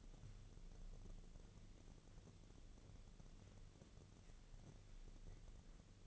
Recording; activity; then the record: daily activity, microphone in the room; wipe stove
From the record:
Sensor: 4